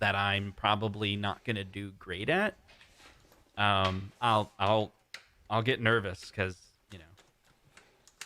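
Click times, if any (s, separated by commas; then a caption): 8.2 s. A panel is pushed from behind and palmed into a hard-to-reach groove while a home pinball cabinet is being assembled. Someone talks through most of the clip, and a few faint ticks follow. A short, sharp snap at 8.2 s, the loudest hit at the end, is the panel seating into place.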